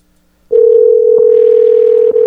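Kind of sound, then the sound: signal or alarm, phone call ringing tone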